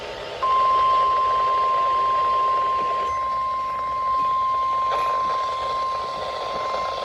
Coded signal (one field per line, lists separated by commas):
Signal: Emergency Alert System (SAME) tones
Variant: 1050 Hz attention tone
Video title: (EAS #278) KLOT Required Weekly Test